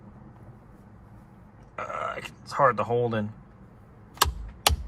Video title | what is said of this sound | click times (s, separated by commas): Porsche 911 Mods Ep 2 Steering wheel change | There's the click. | 4.7 s